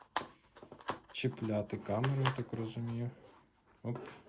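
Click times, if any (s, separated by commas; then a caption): none. An action camera's mount is being attached to the plastic clip of a chest strap mount holder, with a sharp handling tap at 0.2 s and a few softer clicks and rustles between 0.6 and 0.9 s. Someone talks over the handling. Nothing has seated or clicked into place yet.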